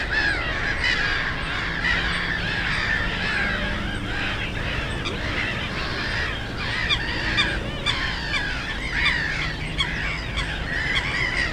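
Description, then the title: Black-headed gulls calling in a dense colony chorus, harsh arched squawks overlapping continuously, with a steady low rumble of traffic beneath. Post-coal-mining area turned nature complex, Frog Ponds (Żabie Doły), Bytom, Poland; ponds full of birds, black-headed gulls loudest; nearby DK79 road and railway noise. "Żabie Doły, Bytom, Polska - Black-headed gulls at Frog Ponds complex"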